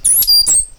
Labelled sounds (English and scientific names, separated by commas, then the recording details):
Stitchbird (Notiomystis cincta) song
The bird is a male
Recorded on Tiritiri Matangi Island, New Zealand, in 2005
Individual 8, of nest box 10